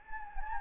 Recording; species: mosquito wingbeat signal from an infrared sensor; Anopheles gambiae